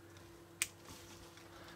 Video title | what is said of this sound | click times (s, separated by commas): Kamigami Robots! Musubi Battles Inari Super Bug Action! | boy the little click is satisfying don't you think that little click click click click click you know you've made a connection | 0.6 s